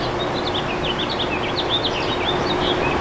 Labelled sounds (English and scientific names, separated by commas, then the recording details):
House Finch (Haemorhous mexicanus) song
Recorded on Long Island, New York, on 24 April 2012
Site AS
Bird B